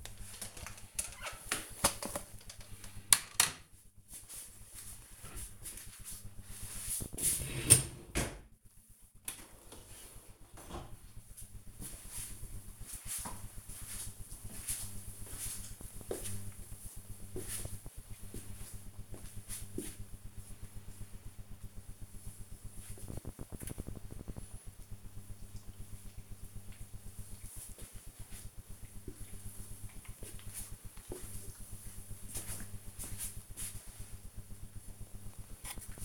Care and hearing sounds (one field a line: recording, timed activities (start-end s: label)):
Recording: household activities, microphone on the right wrist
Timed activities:
0.00-11.43 s: cleaning out the dishwasher